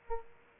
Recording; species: mosquito wingbeat signal from an infrared sensor; Aedes aegypti